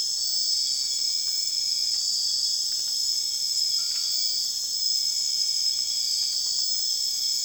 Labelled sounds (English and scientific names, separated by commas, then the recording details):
none
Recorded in secondary vegetation near Puerto Asís, Putumayo, Colombia, on 19 June 2025 at 01:30
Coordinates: 0.485, -76.322
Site GP06